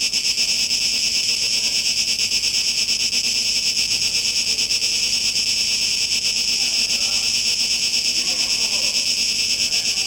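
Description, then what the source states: Cicadas droning in a harsh, high buzz that throbs rapidly and irregularly, never pausing. Recorded 2023-08-17.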